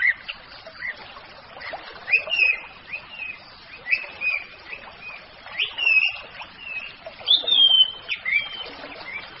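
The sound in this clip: Orange-headed thrush song: loose series of whistled, slurred notes and scratchy chips, louder rich phrases near the end, with light background hiss.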